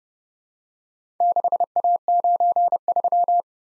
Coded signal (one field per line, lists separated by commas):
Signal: Morse code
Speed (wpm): 30 wpm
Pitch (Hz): 700 Hz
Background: none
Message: 6A93